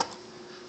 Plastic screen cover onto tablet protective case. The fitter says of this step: the uh Defender series case on your iPad it clicks into place